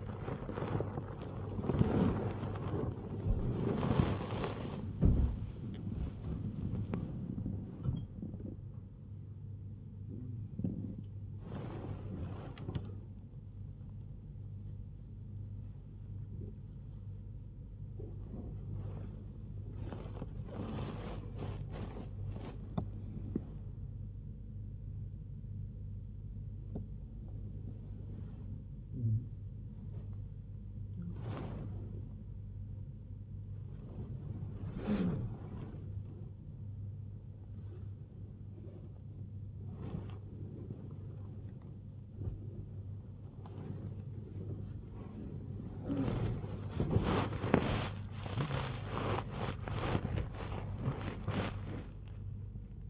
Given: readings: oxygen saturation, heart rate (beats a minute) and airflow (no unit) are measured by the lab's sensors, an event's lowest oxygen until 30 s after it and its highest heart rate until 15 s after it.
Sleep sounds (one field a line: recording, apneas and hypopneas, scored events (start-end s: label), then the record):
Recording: a person awake in a sleep study, by a smartphone at the bedside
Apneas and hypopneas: none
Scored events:
34.00-52.90 s: awake
From the record:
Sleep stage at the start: awake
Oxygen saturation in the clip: 87 to 98%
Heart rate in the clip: 74 to 99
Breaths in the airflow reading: 17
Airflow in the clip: -7.2 to 6.9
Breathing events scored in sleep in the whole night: 158 in 7.3 hours asleep